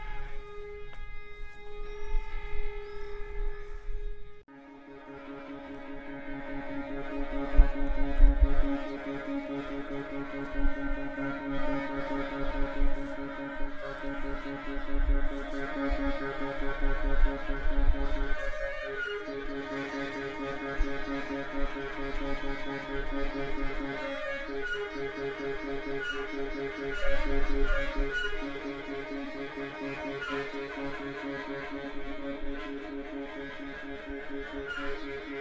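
A sound walk through the Saline Royale at Arc-et-Senans, passing an installation. For the first four seconds a few soft sustained tones ring, then a dense, steady drone of layered held pitches takes over and continues to the end, with low rumbles and faint scattered clicks underneath.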